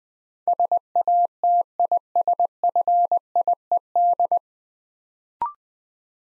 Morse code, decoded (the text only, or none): SATISFIED